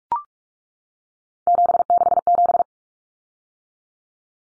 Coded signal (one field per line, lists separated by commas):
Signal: Morse code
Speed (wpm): 44 wpm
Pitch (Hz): 700 Hz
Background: none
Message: 767